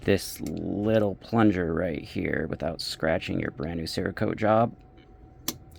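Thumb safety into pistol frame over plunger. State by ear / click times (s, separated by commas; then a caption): seated / 5.5 s. Someone talks while the thumb safety of a Tisas Stingray 1911 A1 pistol is pushed into the steel frame past the spring-loaded plunger, taking care not to scratch the new coating. A sharp snap at 5.5 s marks the safety seating as it goes right in.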